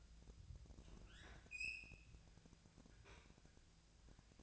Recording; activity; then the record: daily activity, microphone in the room; open fridge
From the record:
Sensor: 2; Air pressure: 999.9 hPa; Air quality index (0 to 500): 125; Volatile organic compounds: 2 ppm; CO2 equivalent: 1069 ppm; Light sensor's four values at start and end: 32/80/34/38 and 32/80/34/38